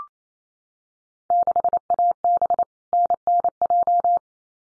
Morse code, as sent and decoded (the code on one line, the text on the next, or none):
-.... .- -... / -. -. .---
6AB NNJ